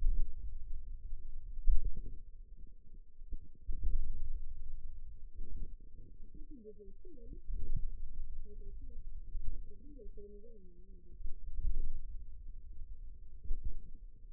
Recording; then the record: forearm muscle sounds (acoustic myography)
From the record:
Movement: pen grasping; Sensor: system 2, bracelet of six BSWA MPA416 microphones around the upper forearm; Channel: 3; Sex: female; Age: 21 years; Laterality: right